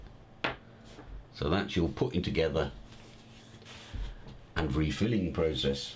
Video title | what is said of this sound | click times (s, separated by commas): Tackle Box - 17th March 2013 (sort of)! | just push it in until it clicks into place. That's it. | 0.4 s